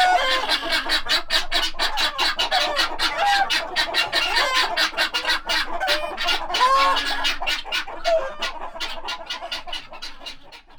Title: Ferme de Monsieur Friard - Groslée-Saint-Benoit, France - Pintades vénères